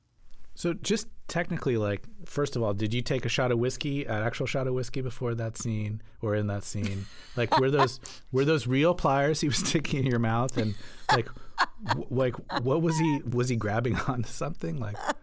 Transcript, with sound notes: So just technically, like, first of all, did you take a shot of whiskey, an actual shot of whiskey, before that scene or in that scene?
(Laughter).
Like, were those were those real pliers he was sticking in your mouth?
(Laughter).
And, like, what was he - was he grabbing on to something?